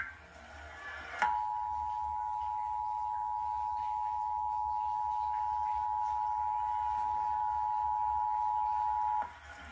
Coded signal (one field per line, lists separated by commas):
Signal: Emergency Alert System (SAME) tones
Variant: 853 and 960 Hz attention tone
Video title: 2018 Iowa Tornado Drill tests on TV and radio (EAS #499-516)